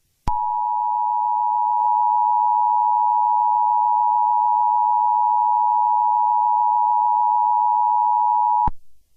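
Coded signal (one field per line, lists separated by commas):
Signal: Emergency Alert System (SAME) tones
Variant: 853 and 960 Hz attention tone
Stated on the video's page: Fictional EAS scenario about an escaped T-Rex, not for on-air use.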